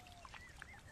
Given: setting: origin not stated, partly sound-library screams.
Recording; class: one-second piece from a danger detection set; normal situation